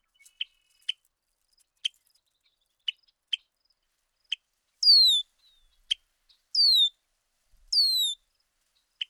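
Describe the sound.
Bird calls and song: a run of brief sharp ticking chips, then three clear whistles falling in pitch across the second half, mixed with more chips.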